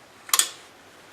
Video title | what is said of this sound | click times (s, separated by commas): Easiest way to re-clock an older GM altenator | then listen for the click when you pull your pin. | 0.3 s